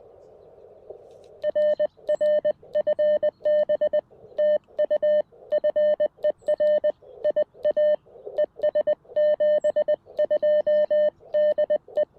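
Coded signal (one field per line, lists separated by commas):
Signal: Morse code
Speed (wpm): 20 wpm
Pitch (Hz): 600 Hz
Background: none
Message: RR FB TU FER IA ES 72 DE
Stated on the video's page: CW POTA activation on 40m with a CFT1 radio, EFHW antenna, homebrew Pico Paddle.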